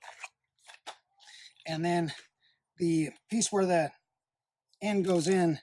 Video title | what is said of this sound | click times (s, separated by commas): RYOBI ONE+ 18 Volt Lithium-Ion Cordless Attachment Capable Brushless String Trimmer | the piece where that end goes in has a real nice solid click to it | 0.2 s